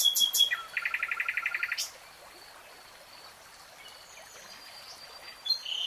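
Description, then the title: Nightingale song with sharp high notes leading into a rapid rhythmic trill, a silent gap, then a new phrase beginning. Real-time recording of a nightingale singing. "[Tiếng chim hót] 3 Hours REALTIME Nightingale Singing"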